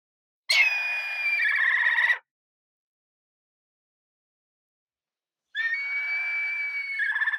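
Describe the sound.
Yellow-billed kite calls: two drawn-out, tremulous whinnying trills, the second following after a long pause of about three seconds.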